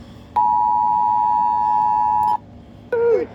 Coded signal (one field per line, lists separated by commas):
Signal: Emergency Alert System (SAME) tones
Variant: 853 and 960 Hz attention tone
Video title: MY FIRST FLASH FLOOD EMERGENCY EAS Alerts From 7/19/25 (EAS #146-153)